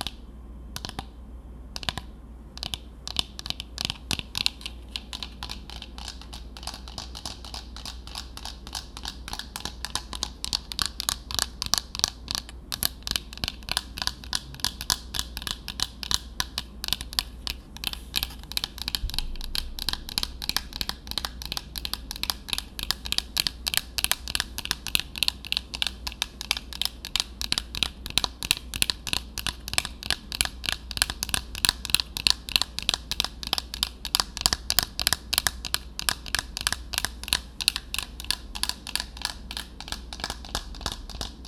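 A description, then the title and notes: Tapping on dark objects, a quick, fairly regular run of crisp taps that barely pauses across the whole clip. The taps are bright and clicky, speeding into dense bursts at times, over a low steady hum. ASMR TAPPING on Dark things 黒いものにタッピング.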